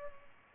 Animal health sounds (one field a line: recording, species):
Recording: mosquito wingbeat signal from an infrared sensor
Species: Culex pipiens